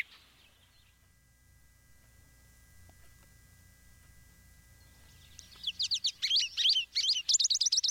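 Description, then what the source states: American goldfinch calls: a burst of bright, high-pitched twittering notes in quick fluttering series over the last few seconds, after near silence. Played sound bite of a Michigan bird; compared with house finch, described as a little more chipper and higher pitched, with a flutter to it.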